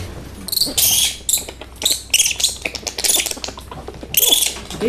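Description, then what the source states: Flying fox pups squabbling: harsh, scratchy shrieks and chattering bursts in quick succession. Hand-reared pups squabbling over watermelon in a travel cage before transport to bat school, Melbourne.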